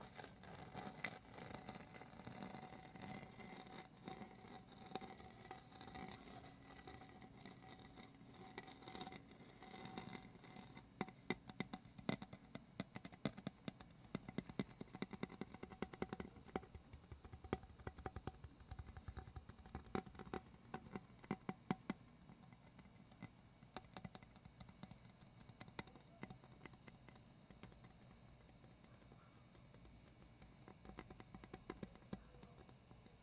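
Gentle tapping and scratching, with dense, irregular clicks and brushy scrapes that build through the middle over a steady low hum.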